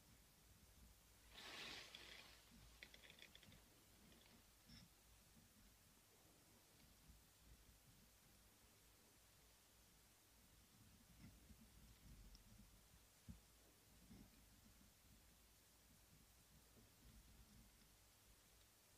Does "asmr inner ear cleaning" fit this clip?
yes